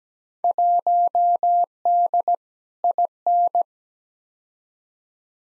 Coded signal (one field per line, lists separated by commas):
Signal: Morse code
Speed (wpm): 17 wpm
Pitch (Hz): 700 Hz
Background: none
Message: 1D IN